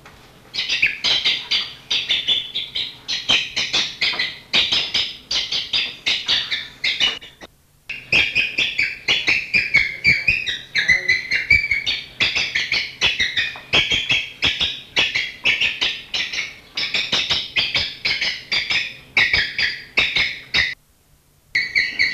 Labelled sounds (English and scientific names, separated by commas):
Black-headed Ibis (Threskiornis melanocephalus) call